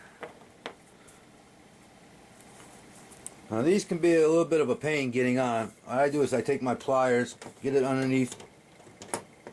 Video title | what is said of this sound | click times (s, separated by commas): MAKING FRONT STEERING PART 7.of part 3 | the threads and crimp it you'll hear it you'll hear a snap you'll feel a snap see how nice and | 9.1 s